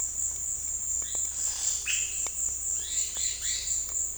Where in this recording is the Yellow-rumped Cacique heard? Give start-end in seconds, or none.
0.99-3.79